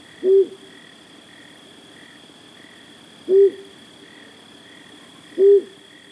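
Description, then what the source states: Flammulated Owl hoots: single low, soft hoots given about every two to three seconds, over a steady background hum and faint insect-like tones. Tiny owl that depends on woodpecker nest holes, has declined, eats moths, highly migratory, wintering in Mexico and Central America.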